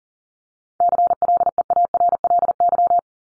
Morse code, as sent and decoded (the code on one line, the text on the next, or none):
-.-. .-.. . .- .-. .-.. -.--
CLEARLY